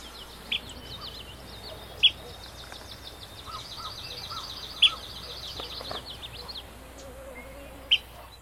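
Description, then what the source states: Alder Flycatcher: four sharp, spaced notes over a rapid trilled chatter in the background. Small Empidonax flycatcher, often found in shrubby marshes.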